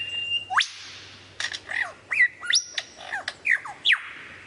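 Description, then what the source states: Lyrebird song: upward-sweeping whistles, a held high note, and varied chattering and slurred calls in quick irregular succession. Song variations.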